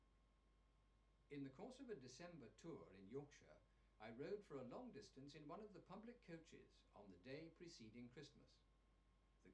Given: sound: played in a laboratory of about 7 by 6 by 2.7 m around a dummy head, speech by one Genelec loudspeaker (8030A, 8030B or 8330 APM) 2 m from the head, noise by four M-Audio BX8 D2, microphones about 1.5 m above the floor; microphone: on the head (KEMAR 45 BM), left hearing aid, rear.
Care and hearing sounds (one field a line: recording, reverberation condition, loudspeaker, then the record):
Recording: male speech in English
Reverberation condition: low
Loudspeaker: in front (0 degrees)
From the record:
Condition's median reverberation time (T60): about 310 ms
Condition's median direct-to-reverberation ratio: about 3.5 dB